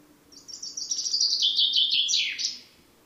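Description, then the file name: Common chaffinch singing one fast, descending rattle of sweet notes ending in a downward flourish, lasting just over two seconds. "Fringilla coelebs"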